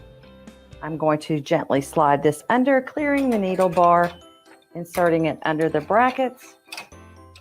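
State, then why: Seated. A large embroidery hoop is slid under the needle bar of an embroidery machine and pushed into the embroidery arm brackets while someone talks over background music. It clicks and snaps into place at 6.7 seconds, and the hoop is seated.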